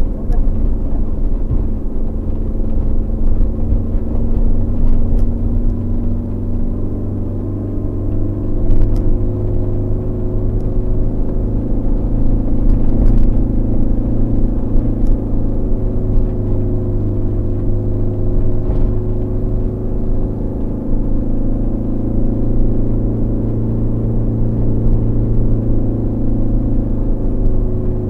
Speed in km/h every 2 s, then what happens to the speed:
31, 31, 33, 35, 37, 38, 38, 38, 37, 37, 38, 40, 40, 38.
0-10 speeds up to 38. 10-28 steady at about 38.